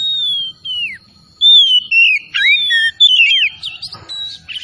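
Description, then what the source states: Oriental magpie-robin giving long, clear whistles that slide down, then a quick run of varied whistled notes and a short scratchy burst. Tretes kacer singing vigorously (gacor).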